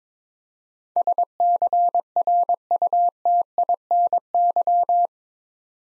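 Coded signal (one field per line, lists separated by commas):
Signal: Morse code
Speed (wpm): 22 wpm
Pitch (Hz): 700 Hz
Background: none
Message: SCRUTINY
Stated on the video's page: Morse practice drill, 22 wpm, building 8-letter words three letters at a time.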